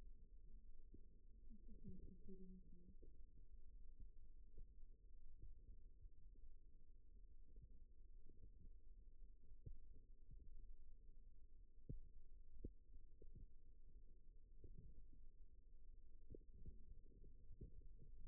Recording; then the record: forearm muscle sounds (acoustic myography)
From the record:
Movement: rest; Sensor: system 2, bracelet of six BSWA MPA416 microphones around the upper forearm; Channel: 6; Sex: male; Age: 22 years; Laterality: right